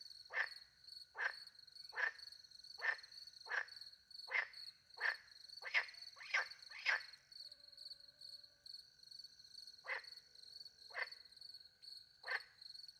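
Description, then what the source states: Frog calls, a run of short notes under a second apart, then a pause and three more, with crickets trilling steadily. Frogs with crickets at night in the French countryside near a little pond; microphones hidden in a tree; recorded with two Usi pro microphones into a Mixpre 10 II recorder.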